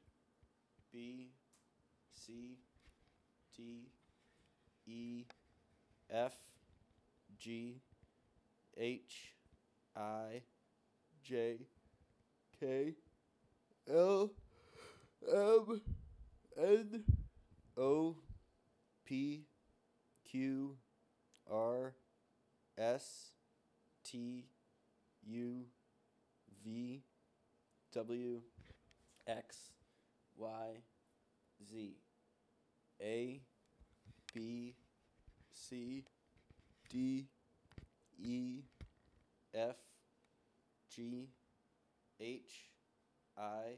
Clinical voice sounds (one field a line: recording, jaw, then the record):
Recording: letters of the alphabet, spoken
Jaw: free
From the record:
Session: seven days later